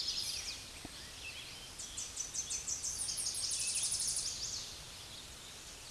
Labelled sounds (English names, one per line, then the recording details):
Tennessee Warbler song
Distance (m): 20 m
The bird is about level with the microphone
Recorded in a Pennsylvania forest on 16 May 2024 at 08:51
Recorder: AudioMoth, point MSD-2349
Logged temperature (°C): 15.8 °C
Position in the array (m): 55 m, 38 m